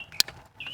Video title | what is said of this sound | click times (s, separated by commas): DIY Home Solar System Install STEP by STEP | And we heard that snap. | 0.2 s